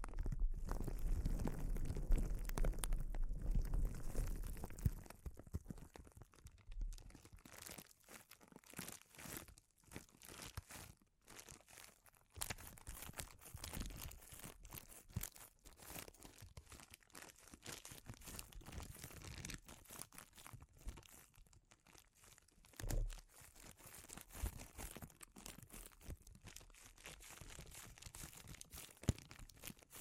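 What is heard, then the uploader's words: Crinkling sounds with a rough, papery crunch. The first six seconds are louder and fuller, with a low rumble underneath. After that come quieter, dense, irregular bursts of crackle, with a brief louder swell near 23 seconds. ASMR Sensitive Crinkles (No Talking).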